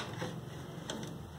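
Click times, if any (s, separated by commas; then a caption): 0.9 s. A drive bay lever latch in a desktop computer case is pushed down and lifted, and the metal latch clicks open at 0.9 s so the DVD and hard drive bay can swing outward. Faint handling noise runs through the rest of the clip, and the latch ends up released and unlocked.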